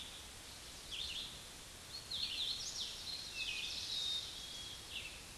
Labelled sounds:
Hooded Warbler song
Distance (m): 40 m
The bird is about 10 m above the microphone
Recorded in a Pennsylvania forest on 16 May 2024 at 09:44
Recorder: AudioMoth, point MSD-2456
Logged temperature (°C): 16.4 °C
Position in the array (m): 158 m, 108 m

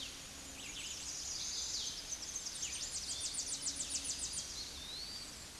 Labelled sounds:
Tennessee Warbler song
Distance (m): 40 m
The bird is about 25 m above the microphone
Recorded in a Pennsylvania forest on 16 May 2024 at 09:58
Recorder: AudioMoth, point MSD-0508
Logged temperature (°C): 15.5 °C
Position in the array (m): 64 m, 171 m

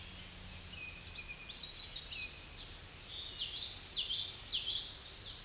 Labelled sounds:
Common Yellowthroat song
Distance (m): 20 m
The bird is about 10 m above the microphone
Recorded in a Pennsylvania forest on 16 May 2024 at 07:11
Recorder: AudioMoth, point MSD-1342
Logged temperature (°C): 15.5 °C
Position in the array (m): 242 m, 174 m

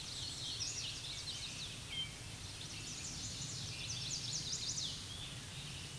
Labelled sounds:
Chestnut-sided Warbler song
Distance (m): 40 m
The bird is about 5 m above the microphone
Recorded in a Pennsylvania forest on 16 May 2024 at 06:52
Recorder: AudioMoth, point MSD-1482
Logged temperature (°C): 15.6 °C
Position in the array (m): 173 m, 171 m

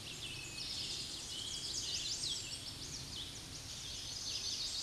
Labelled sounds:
Chestnut-sided Warbler song
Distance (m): 50 m
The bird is about level with the microphone
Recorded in a Pennsylvania forest on 16 May 2024 at 07:40
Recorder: AudioMoth, point MSD-2306
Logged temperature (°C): 15.6 °C
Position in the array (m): 20 m, 18 m

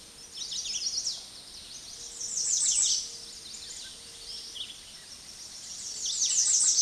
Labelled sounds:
American Redstart song
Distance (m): 15 m
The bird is about 10 m above the microphone
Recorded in a Pennsylvania forest on 16 May 2024 at 06:13
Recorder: AudioMoth, point MSD-2027
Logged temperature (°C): 15.6 °C
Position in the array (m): 110 m, 226 m

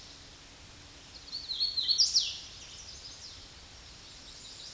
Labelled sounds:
Hooded Warbler song
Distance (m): 15 m
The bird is about level with the microphone
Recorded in a Pennsylvania forest on 16 May 2024 at 08:09
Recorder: AudioMoth, point MSD-2164
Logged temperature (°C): 15.8 °C
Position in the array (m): 181 m, 75 m

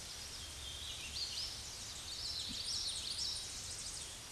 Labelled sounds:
Common Yellowthroat song
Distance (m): 20 m
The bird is about 5 m above the microphone
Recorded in a Pennsylvania forest on 16 May 2024 at 08:01
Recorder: AudioMoth, point MSD-2107
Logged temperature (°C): 16.1 °C
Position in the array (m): 46 m, 145 m

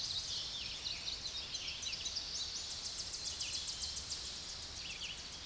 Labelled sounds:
Tennessee Warbler song
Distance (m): 45 m
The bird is about 20 m above the microphone
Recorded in a Pennsylvania forest on 16 May 2024 at 06:06
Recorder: AudioMoth, point MSD-1338
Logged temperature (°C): 12.6 °C
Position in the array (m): 77 m, 49 m

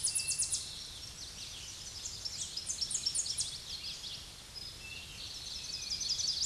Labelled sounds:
Tennessee Warbler song
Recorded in a Pennsylvania forest on 16 May 2024 at 07:50
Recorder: AudioMoth, point MSD-2429
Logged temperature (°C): 16.7 °C
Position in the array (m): 80 m, 73 m

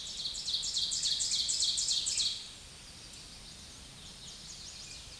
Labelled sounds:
Ovenbird song
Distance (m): 20 m
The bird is about 10 m above the microphone
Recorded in a Pennsylvania forest on 16 May 2024 at 07:01
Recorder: AudioMoth, point MSD-2391
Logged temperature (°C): 15.0 °C
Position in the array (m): 99 m, 32 m

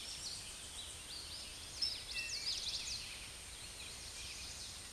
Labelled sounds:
Common Yellowthroat song
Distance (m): 15 m
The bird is about 5 m above the microphone
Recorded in a Pennsylvania forest on 16 May 2024 at 06:59
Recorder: AudioMoth, point MSD-0665
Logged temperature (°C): 16.1 °C
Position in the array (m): 85 m, 84 m

